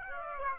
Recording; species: mosquito wingbeat signal from an infrared sensor; Aedes aegypti